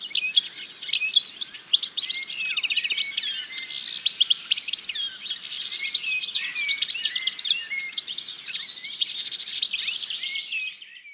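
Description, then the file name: European goldfinch twittering continuously, a dense run of tinkling, liquid chirps with buzzy notes and repeated high down-slurred whistles, steady throughout with no other clear sounds. "Carduelis carduelis"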